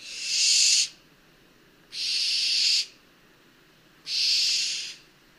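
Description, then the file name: Barn owl screeches: three long, hissing, harsh bursts, each under a second, repeated about every two seconds over quiet background. "Effraie des clochers"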